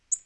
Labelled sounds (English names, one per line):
Tennessee Warbler flight call